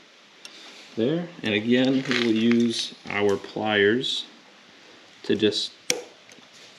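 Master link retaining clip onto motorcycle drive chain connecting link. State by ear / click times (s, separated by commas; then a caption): seated / 5.9 s. Someone talks while pliers push the metal spring retaining clip onto the master link pins of a 420 drive chain on a Surron electric dirt bike. A sharp metallic click sounds at 5.9 s as the clip snaps home, and the chain is now fully connected.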